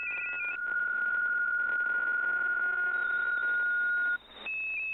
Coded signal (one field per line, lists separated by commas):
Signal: PSK63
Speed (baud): 62.5 baud